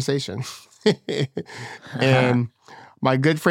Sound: chuckles